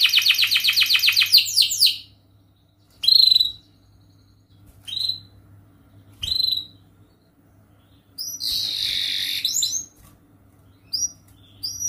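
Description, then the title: Canary song: a rapid rattling trill first, then short separate chirps and a loud buzzy rolled phrase, with quiet gaps between. Gacor (lively singing) canary with the best cengkok (melodic turns) and most luxurious isian (filler phrases); kicaumania song for training. "Kenari Gacor Cengkok Terbaik Isian Paling Mewah Kenarigacor Kicaumania Kenari"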